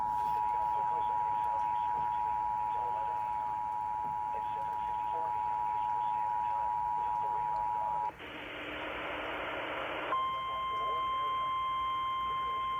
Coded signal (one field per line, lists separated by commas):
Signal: Emergency Alert System (SAME) tones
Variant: 853 and 960 Hz attention tone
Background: speech